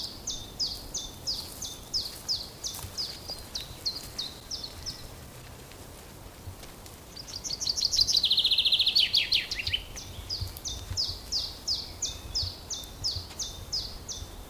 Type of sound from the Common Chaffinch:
song